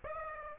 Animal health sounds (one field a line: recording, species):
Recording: mosquito wingbeat signal from an infrared sensor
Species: Aedes aegypti